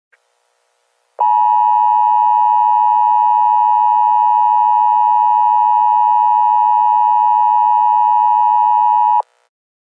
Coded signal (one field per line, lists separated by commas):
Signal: Emergency Alert System (SAME) tones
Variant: 853 and 960 Hz attention tone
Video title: WISCONSIN AMBER ALERT EAS 3/8/21